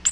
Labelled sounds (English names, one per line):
Ovenbird flight call